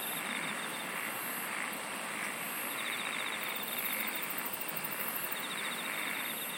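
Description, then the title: Insect chorus: a steady high buzzing hum with fine rapid ticking trills. "SINGING OF INSECTS"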